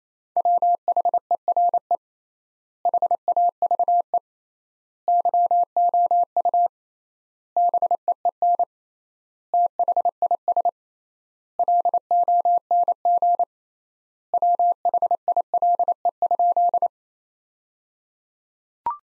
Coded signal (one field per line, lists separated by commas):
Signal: Morse code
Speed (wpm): 28 wpm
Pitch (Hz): 700 Hz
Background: none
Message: WHERE HAVE YOU BEEN THIS LONG WHILE?